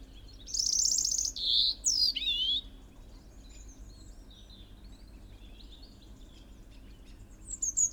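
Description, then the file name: European robin song, a bright warbling phrase of high whistles and a swooping slurred note, then fainter thin notes and a new phrase starting at the end. "Erithacus rubecula"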